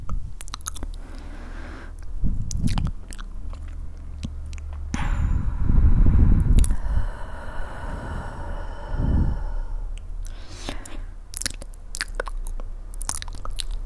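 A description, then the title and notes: Mouth sounds: wet clicks and smacks, with chewing and crunching throughout. Heavier, fuller bursts of chewing come around two, five to seven, and nine seconds, between sparser crisp clicks. A low steady hum sits underneath. ASMR mouth sound.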